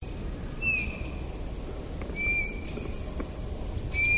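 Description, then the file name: Eurasian bullfinch uttering three brief, soft piping whistles, backed by high buzzing insects. "Pyrrhula pyrrhula"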